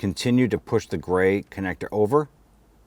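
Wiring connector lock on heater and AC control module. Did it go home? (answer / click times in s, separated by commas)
no / none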